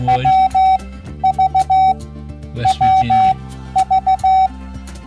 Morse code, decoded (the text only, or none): WV WV